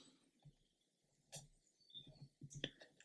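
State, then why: Seated. A glued plastic balcony section is fitted into the hull of a 1/400 scale model ship, going in at one end first. Soft handling and scraping sounds lead up to a sharp pop at 2.6 s as the part snaps into place, followed by a faint tick near 3.0 s. The balcony section is seated.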